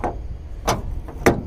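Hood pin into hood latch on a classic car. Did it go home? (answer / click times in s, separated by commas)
yes / 1.3 s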